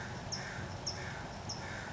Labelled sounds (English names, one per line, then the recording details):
California Towhee
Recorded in Sonoma County, California